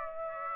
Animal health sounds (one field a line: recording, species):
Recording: mosquito wingbeat signal from an infrared sensor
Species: Aedes aegypti